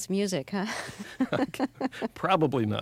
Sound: soundbite of laughter

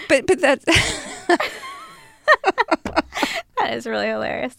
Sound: laughter

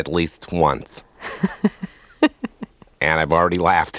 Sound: laughter

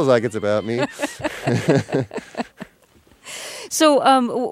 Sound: soundbite of laughter

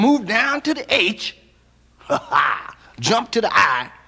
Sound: soundbite of laughter

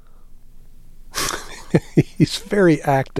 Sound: soundbite of laughter

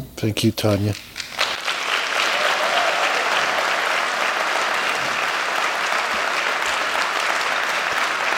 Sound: applause

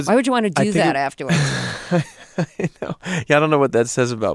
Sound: laughter

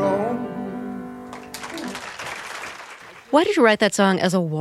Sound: applause

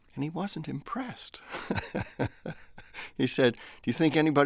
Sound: laughter

